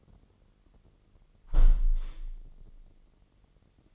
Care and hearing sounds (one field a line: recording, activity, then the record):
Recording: daily activity, microphone in the room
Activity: close window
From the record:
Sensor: 4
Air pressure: 999.4 hPa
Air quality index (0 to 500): 108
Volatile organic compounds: 2 ppm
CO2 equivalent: 1073 ppm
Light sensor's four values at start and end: 13/32/13/14 and 13/31/13/14